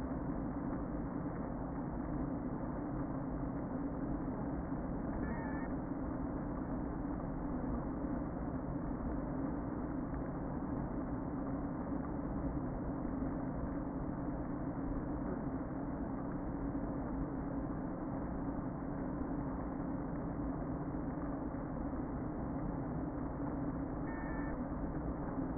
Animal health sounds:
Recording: honeybee colony, microphone inside the hive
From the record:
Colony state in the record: queen present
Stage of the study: before two queens were removed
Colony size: about 60,000 bees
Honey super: yes

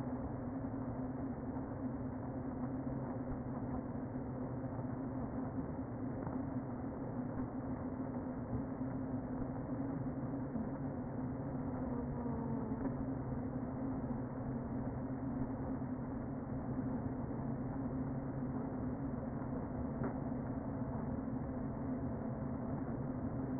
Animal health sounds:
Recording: honeybee colony, microphone inside the hive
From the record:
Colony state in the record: queen present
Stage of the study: before two queens were removed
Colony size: about 60,000 bees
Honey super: yes

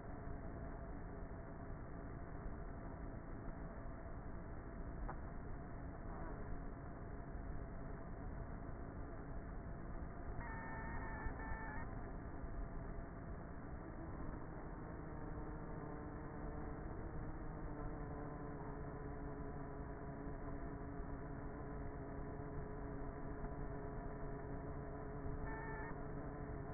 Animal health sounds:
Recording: honeybee colony, microphone inside the hive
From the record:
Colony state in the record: queenless with a low population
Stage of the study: before two queens were removed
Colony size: about 30,000 bees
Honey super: no

